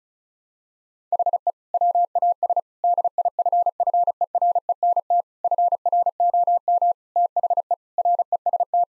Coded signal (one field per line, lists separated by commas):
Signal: Morse code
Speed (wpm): 34 wpm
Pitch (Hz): 700 Hz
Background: none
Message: HE WAS DIFFERENT FROM THE REST